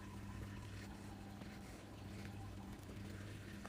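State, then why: Not seated. A retaining clip or internal part is being fitted into the metal body of a 1999 Hayabusa rear brake master cylinder during a rebuild. A steady low hum with bands near 100 and 200 Hz runs throughout, with faint handling noise. Nothing has seated or clicked yet.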